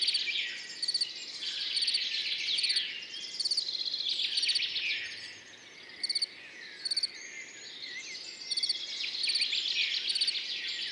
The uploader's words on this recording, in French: Montagne du Puy - Nagra seven - mkh40 - stéréo. Ce matin comme la nuit a été douce le grillon champêtre continu sont train train sonore. En arrière plan les oiseaux s'éveillent et les insectes s'échauffent.